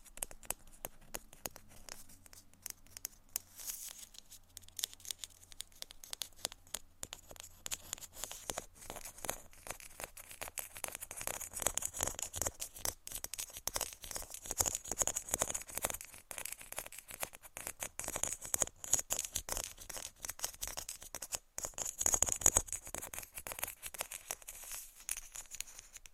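ASMR tapping and scratching: dense, rapid clicks and scratchy strokes run through the whole clip, crisp and bright with a hissy top. The activity is sparse early, with a low hum under the first seconds, then grows busier and louder from about ten seconds, peaking near twenty-two.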